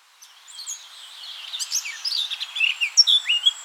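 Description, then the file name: Eurasian blackcap song: a rich, fast warble of varied high notes and slurred whistles that grows louder and fuller towards the end. "Sylvia atricapilla"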